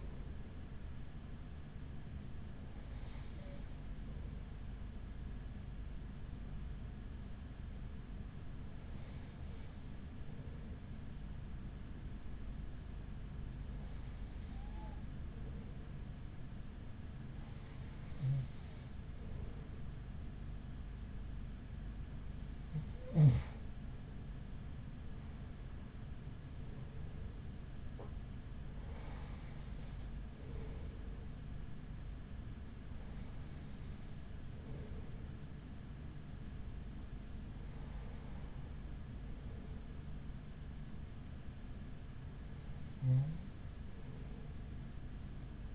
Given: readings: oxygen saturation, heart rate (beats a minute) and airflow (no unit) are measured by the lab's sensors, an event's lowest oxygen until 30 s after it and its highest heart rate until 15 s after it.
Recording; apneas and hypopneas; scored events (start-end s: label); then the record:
breathing in sleep by a smartphone at the bedside; 1
9.00-25.00 s: hypopnea (N1, oxygen 97% highest, then 94% lowest, heart rate 56 at the start, 56 highest)
From the record:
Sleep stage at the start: N1 (lightest sleep); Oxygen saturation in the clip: 94 to 97%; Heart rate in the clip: 41 to 77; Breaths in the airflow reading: 10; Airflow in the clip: -5.2 to 5.8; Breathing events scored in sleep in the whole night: 207 in 7.6 hours asleep